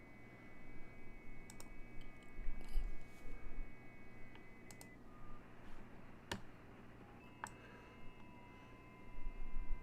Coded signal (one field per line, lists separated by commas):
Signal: FT8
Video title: HAM RADIO COLORADO